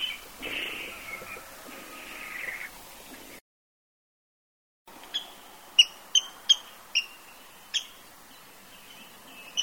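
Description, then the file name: Water rail giving a drawn-out, harsh squealing call for about three seconds, then after a pause a series of short, sharp high notes at irregular intervals. "Rale deau"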